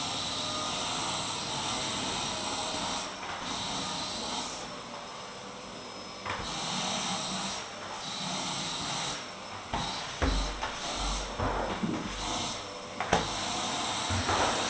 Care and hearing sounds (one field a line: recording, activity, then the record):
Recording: daily activity, microphone in the room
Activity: vacuum cleaning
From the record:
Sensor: 3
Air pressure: 995.2 hPa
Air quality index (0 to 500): 68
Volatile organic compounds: 4 ppm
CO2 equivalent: 1538 ppm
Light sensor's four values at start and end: 18/52/22/19 and 18/53/22/19